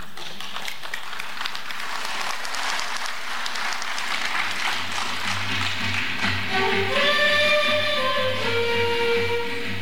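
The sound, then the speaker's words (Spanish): An audience claps in steady, dense applause for the whole stretch, welcoming the Ballet Nueva Esperanza performing a Bolivian dance piece. Partway through, music joins underneath: a low sustained drone, then a bright rising melody. “Adelante, los recibimos con ese cariño, por favor, un fuerte aplauso.”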